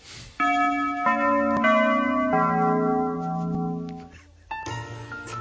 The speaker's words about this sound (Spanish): Pon las campanas.